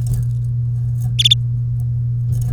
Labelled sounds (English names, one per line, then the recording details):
Domestic Canary song
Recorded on 3 May 2018 at 14:09
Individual llb3